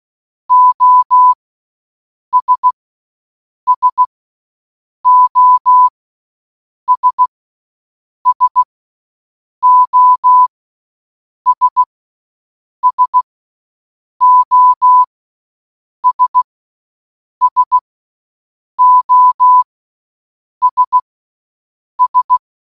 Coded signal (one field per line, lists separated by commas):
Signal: Morse code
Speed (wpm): 16 wpm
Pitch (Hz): 1000 Hz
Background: none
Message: OS SOS SOS SOS SOS S